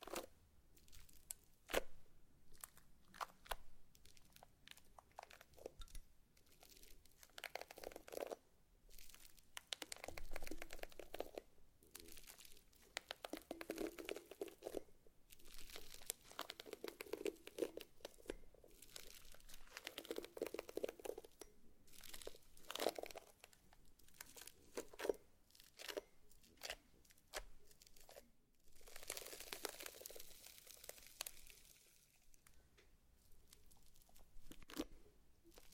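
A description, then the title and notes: Slime being squeezed and handled gives a dense run of wet crackles, pops and crinkly squelches that go on without a break. Sharp clicks stand out now and then, and the sound grows louder and brighter in bursts around 10, 20 and 30 seconds. ASMR SLIME! 5 Satisfying Slimes.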